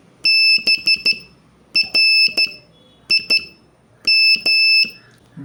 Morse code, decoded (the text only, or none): BRIM